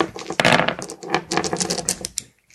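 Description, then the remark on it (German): A quick burst of hard plastic clatter as dice tumble and rattle across a tabletop, rapid irregular clicks over about two seconds before settling, with no voices. “Wir können nochmal dasselbe würfeln.”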